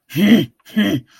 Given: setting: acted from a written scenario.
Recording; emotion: vocal sound without words; anger